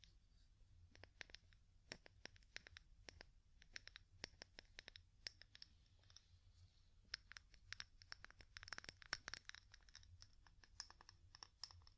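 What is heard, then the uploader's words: Wood tapping in irregular bursts of quick, sharp clicks, densest around eight to nine seconds, over a steady low rumble underneath. ASMR Calming Wood Tapping (No Talking).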